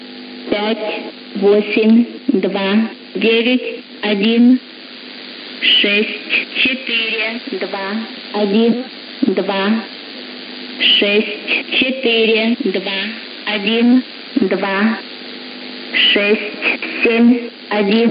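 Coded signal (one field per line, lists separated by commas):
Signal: numbers station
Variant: S06s, Russian female voice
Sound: female voice reading short, evenly spaced words, like numbers, over a hissy radio channel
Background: radio static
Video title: 20 01 2022 Number station S06s Russian Lady in Russian to Eu 0940 on 9540 unknown tx site in CUSB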